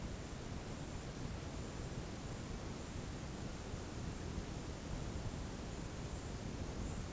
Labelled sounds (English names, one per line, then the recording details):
none
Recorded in dense forest near Puerto Asís, Putumayo, Colombia, on 20 February 2024 at 13:00
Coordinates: 0.486, -76.316
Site G6437